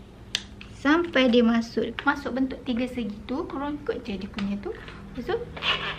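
A spring lock pin on the pole of a Corvan cordless power scrubber is pressed so that it enters the triangular slot, seating with a sharp snap at 0.4 s. A fainter click follows at 0.6 s, and then someone talks for the rest of the clip.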